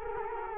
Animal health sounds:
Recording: mosquito wingbeat signal from an infrared sensor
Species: Culex quinquefasciatus

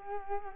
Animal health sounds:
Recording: mosquito wingbeat signal from an infrared sensor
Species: Culex quinquefasciatus

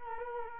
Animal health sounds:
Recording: mosquito wingbeat signal from an infrared sensor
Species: Culex quinquefasciatus

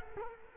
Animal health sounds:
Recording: mosquito wingbeat signal from an infrared sensor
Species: Culex quinquefasciatus

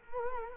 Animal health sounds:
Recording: mosquito wingbeat signal from an infrared sensor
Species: Culex quinquefasciatus

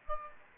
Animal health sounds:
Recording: mosquito wingbeat signal from an infrared sensor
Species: Aedes aegypti

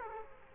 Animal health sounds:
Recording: mosquito wingbeat signal from an infrared sensor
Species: Culex quinquefasciatus

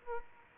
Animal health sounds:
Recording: mosquito wingbeat signal from an infrared sensor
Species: Aedes aegypti

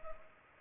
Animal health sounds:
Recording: mosquito wingbeat signal from an infrared sensor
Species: Culex pipiens

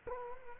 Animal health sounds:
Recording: mosquito wingbeat signal from an infrared sensor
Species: Culex quinquefasciatus

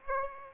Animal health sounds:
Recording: mosquito wingbeat signal from an infrared sensor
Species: Aedes aegypti

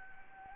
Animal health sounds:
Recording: mosquito wingbeat signal from an infrared sensor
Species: Anopheles gambiae

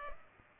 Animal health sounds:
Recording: mosquito wingbeat signal from an infrared sensor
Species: Culex pipiens

